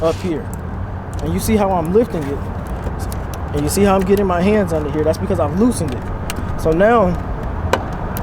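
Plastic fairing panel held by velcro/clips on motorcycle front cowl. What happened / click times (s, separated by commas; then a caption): A plastic panel fastener pops loose / 7.7 s, 8.2 s. Someone talks while lifting and working their hands under a loosened plastic fairing panel, held by velcro and clips, on the front cowl of an R7 motorcycle build. Sharp pops sound at 7.7 s and 8.2 s as the fastening gives way and the panel comes free.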